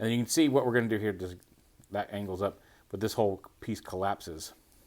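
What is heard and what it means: A man talks while handling the plastic Transformers Earthspark Deluxe Megatron action figure during transformation, angling up part of it and collapsing the chest/back torso piece that is meant to lock into the body. Only speech and faint handling are heard; the torso panel has not yet snapped into place and nothing has seated or clicked yet.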